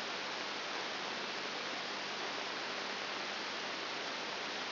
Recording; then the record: brain microelectrode recording played as sound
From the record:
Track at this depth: outside the subthalamic nucleus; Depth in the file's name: 0.504 mm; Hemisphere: right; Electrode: 3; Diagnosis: Parkinson's disease